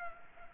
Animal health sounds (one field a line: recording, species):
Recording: mosquito wingbeat signal from an infrared sensor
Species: Culex pipiens